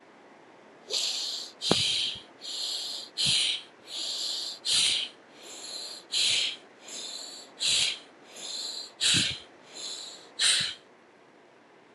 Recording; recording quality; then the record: shallow breathing; excellent, no background noise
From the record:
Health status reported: healthy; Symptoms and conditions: diabetes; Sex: male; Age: 32 years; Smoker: not ticked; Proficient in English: yes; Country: India